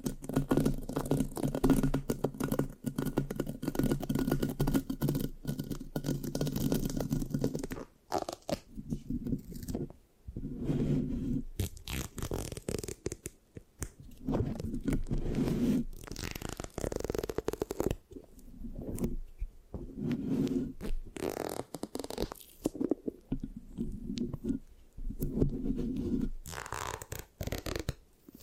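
Mic scratching with sticky, tacky rubbing: dense low scraping for the first eight seconds, then choppy bursts separated by brief silences.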